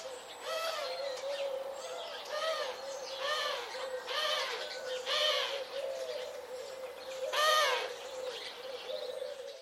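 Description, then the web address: Bird calls: a series of nasal, harmonic, arched notes, some louder than others, over a steady background hiss. "Deverinetal 2025 File origin Bird Only"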